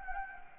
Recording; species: mosquito wingbeat signal from an infrared sensor; Anopheles gambiae